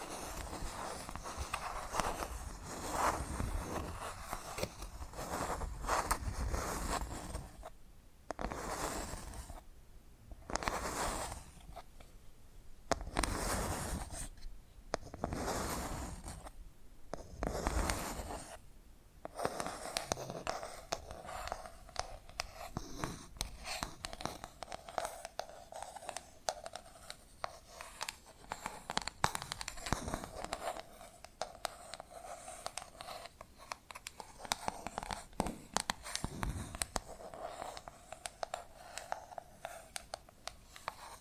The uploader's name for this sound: ASMR Hypnotic Tapping and Scratching Sounds